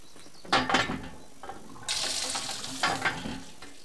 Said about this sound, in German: Wascht euch unter der Pumpe rasch.